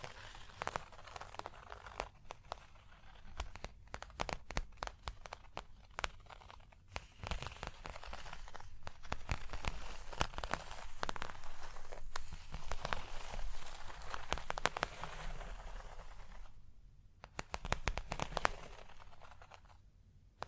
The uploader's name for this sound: Surface Tapping, Scratching, Tracing Sounds